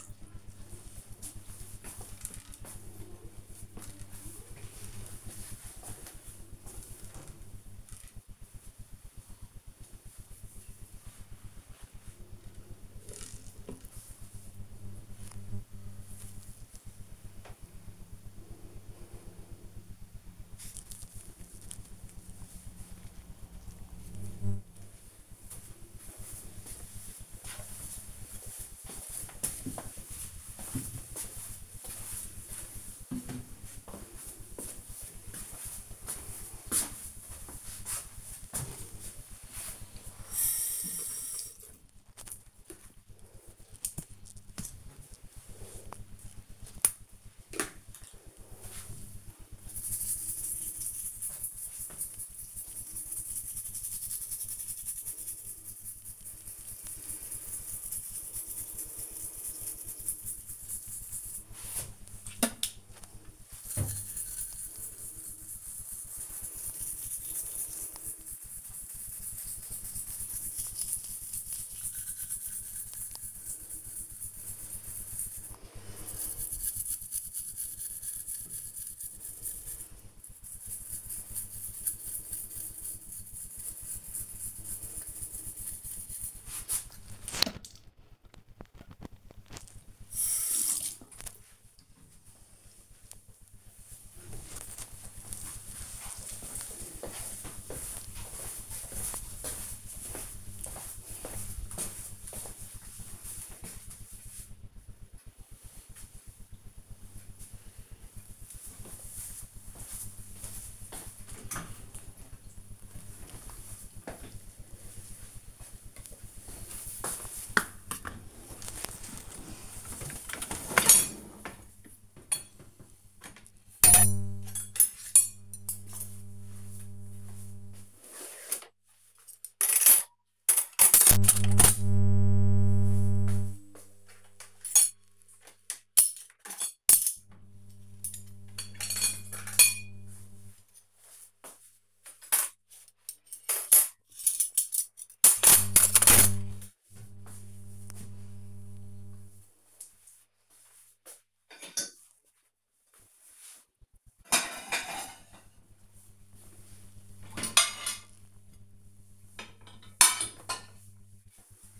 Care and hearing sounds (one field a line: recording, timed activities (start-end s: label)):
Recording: household activities, microphone on the right wrist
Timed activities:
0.00-2.15 s: watering plant
36.43-90.85 s: brushing teeth
115.01-161.80 s: cleaning out the dishwasher